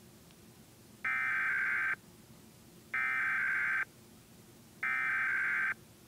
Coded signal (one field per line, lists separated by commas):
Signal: Emergency Alert System (SAME) tones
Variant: header bursts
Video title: Iowa Required Monthly Tests (EAS #88 and Live stream EAS)